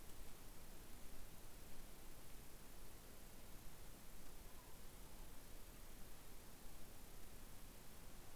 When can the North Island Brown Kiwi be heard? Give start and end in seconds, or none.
none